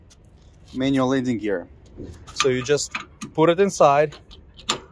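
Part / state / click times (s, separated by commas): crank handle into manual landing gear socket / seated / 4.7 s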